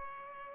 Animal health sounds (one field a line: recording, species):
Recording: mosquito wingbeat signal from an infrared sensor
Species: Culex pipiens